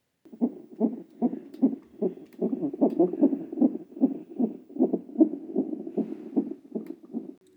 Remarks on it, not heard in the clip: You'll hear the heartbeat of my own baby as I wait to be induced.